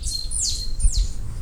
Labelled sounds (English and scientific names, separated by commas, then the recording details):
Stitchbird (Notiomystis cincta) song
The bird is a male
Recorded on Tiritiri Matangi Island, New Zealand, in 2005
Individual 21, of nest box 30